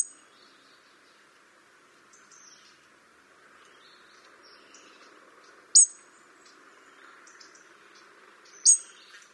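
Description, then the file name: European robin giving sharp tick calls, two clear ones in the second half, over a low background hum and faint chirps. "Erithacus rubecula"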